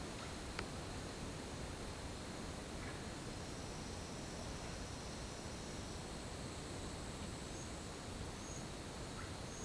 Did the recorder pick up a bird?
no